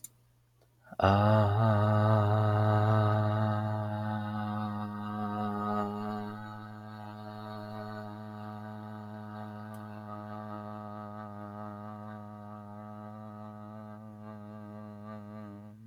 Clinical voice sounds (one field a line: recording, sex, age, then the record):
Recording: vowel held as long as possible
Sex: male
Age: 20 to 29 years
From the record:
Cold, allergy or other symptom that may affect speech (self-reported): no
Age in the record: 23 years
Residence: New York, United States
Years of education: 16